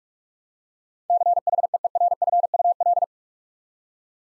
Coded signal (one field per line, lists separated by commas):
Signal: Morse code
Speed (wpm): 44 wpm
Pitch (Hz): 700 Hz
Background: none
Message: CHEERFUL